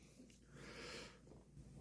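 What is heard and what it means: A replacement lens on a GoPro Max 360 action camera is pressed down at the top corner into its housing during a repair. A soft, breathy, hissing noise rises and falls with a faint tap near 0.3 seconds. Nothing has seated or clicked yet.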